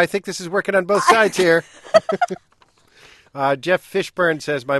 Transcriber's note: soundbite of laughter